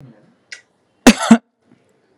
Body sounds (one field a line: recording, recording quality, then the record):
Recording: shallow voluntary cough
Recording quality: excellent, no background noise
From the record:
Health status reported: COVID-19 positive, no symptoms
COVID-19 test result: positive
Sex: male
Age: 30 years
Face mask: not worn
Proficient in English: yes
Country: India